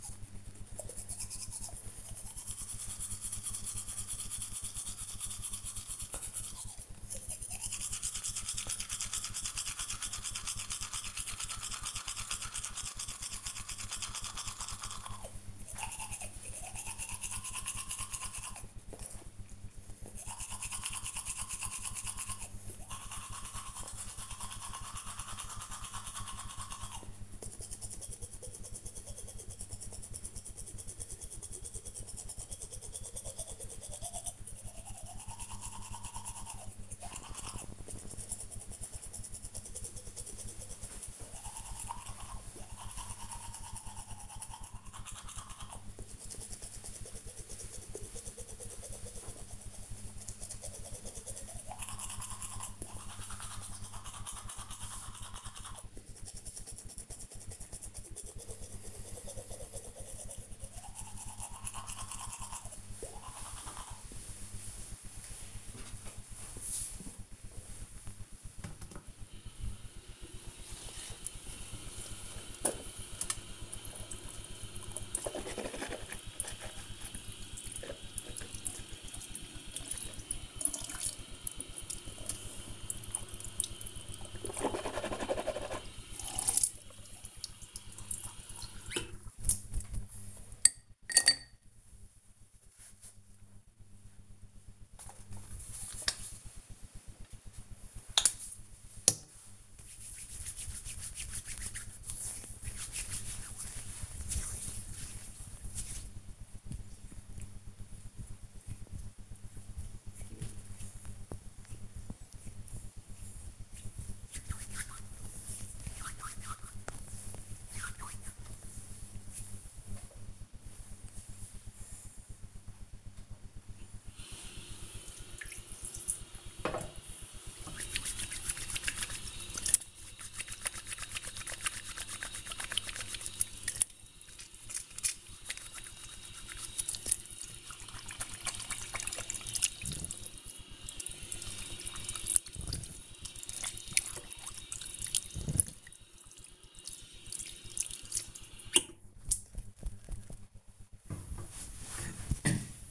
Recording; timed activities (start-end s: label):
household activities, microphone on the right wrist
0.00-89.11 s: brushing teeth
94.13-119.31 s: cream hands
122.33-149.53 s: washing hands